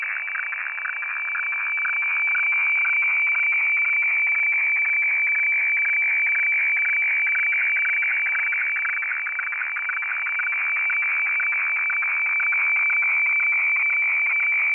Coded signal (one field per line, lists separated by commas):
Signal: weather fax (radiofax)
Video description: Weather FAX transmission from Hamburg, Germany, received using Aispy HF+, Gqrx SDR v2.9 pre, and Fldigi 4.0.11 - The fun begins around 1:25